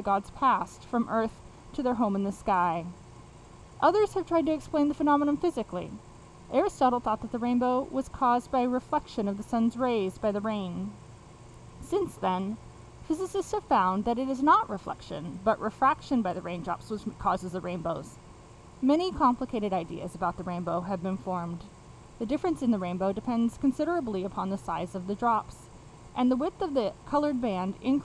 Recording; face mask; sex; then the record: reading aloud; surgical mask; female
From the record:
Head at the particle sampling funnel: facing it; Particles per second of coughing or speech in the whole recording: 0.448